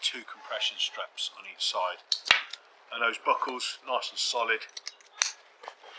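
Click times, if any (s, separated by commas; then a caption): 5.2 s. Someone talks while a plastic side-release buckle on a backpack compression strap, one of two such straps on each side, is pushed together. It snaps shut with a sharp click at 5.2 s, and the buckle is solid and fully seated.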